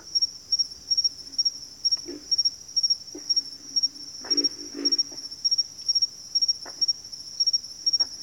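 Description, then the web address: Pig frog grunts, low and rough, in short bursts and a doubled cluster near the middle, over a steady high cricket chirping pulsed in rapid triplets. "Natures Songs Sleep Sounds of Nature CRICKETS Pig Frogs"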